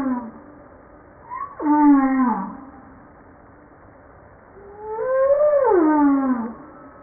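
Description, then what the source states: Humpback whale song: two harmonic moans separated by quiet, the first dropping sharply to a low, slowly falling tone, the second rising then gliding steeply downward to a low tone. 5 March 1994.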